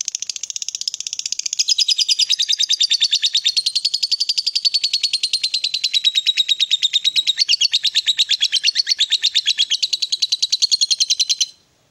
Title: Dari Gayanya Lovebird Ini Terlihat Pintar Sekali Memancing